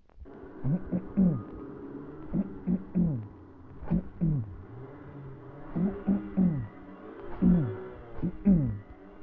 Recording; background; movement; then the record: throat clearing; traffic; sitting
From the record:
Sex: male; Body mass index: 20.5 kg/m2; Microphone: on the chest, facing the body